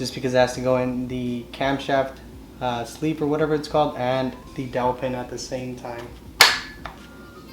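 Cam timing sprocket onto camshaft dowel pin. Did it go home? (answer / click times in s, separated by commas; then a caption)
yes / 6.4 s. Someone talks while a steel timing-chain cam sprocket is worked onto the camshaft nose and dowel pin of a Ford 289 small-block engine during a timing chain install. A sharp, loud click at 6.4 s marks the sprocket seating onto the dowel, followed by a fainter tick just after. The sprocket is seated.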